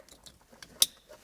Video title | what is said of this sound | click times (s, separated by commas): FD Mazda RX-7 Radio Installation DIY | nice little click but the crutch field harness | 0.8 s